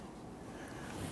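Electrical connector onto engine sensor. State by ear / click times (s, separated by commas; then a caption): not seated / none. An electrical connector is pressed up and onto the engine sensor beside it on a 2011-2015 Kia Sorento during intake manifold replacement. Only a steady broadband rustle is heard, swelling slightly toward the end, with no distinct click. Nothing has seated or clicked yet.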